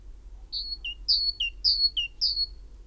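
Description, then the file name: Great tit singing a steady series of high-low whistled note pairs, about two pairs per second, over a quiet low rumble. "Parus major"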